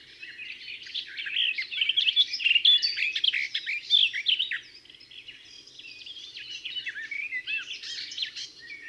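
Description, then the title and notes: Garden warbler song: sustained, rapid, rich warbling with tumbling varied notes, loudest in the first half, then softer but continuous. Discreet in plumage but a marvellous singer. "Observation sonore - La Fauvette des jardins. Rencontre avec la Fauvette des jardins (Sylvia borin)"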